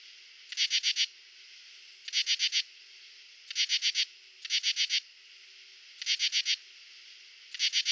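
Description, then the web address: Common true katydid calling, harsh raspy bursts of four or five rapid pulses, repeated several times with short, somewhat uneven pauses. Male calling. "Crickets and Katydids Pteryphylla camellifolia, male calls"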